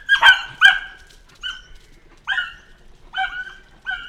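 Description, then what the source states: Dog barking, a quick pair of high yelping barks followed by four more spaced barks. Recorded with a laundry detergent seller.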